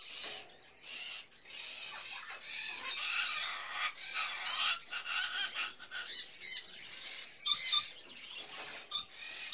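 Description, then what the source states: Birds chattering in a dense, steady wash of high squeaks and chirps, with occasional louder squeals rising above the mix. Various birds in a pet shop, recorded as ambience.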